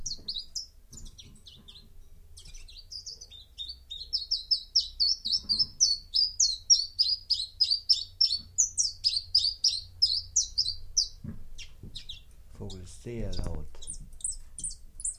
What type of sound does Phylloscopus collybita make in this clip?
song